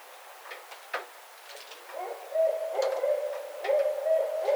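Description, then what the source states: Barred owl hooting, sustained wavering low tones starting after two seconds and repeating in a rough series, with faint clicks earlier. Recorded 27 March 2011.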